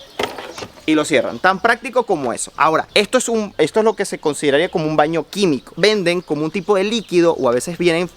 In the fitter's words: And that’s it, you close it, place the container back, slide it until it clicks, and